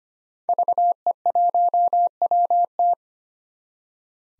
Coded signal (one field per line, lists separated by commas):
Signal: Morse code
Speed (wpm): 25 wpm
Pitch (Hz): 700 Hz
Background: none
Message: VE1WT